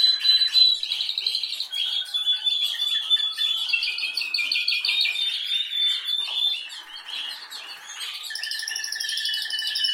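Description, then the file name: Canary singing quick, scratchy chirps and warbles, shifting near the end into a buzzy, rolling trill. "Canary Voice"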